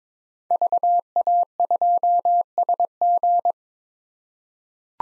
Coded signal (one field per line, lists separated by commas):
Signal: Morse code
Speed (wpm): 22 wpm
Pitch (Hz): 700 Hz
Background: none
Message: VA2SG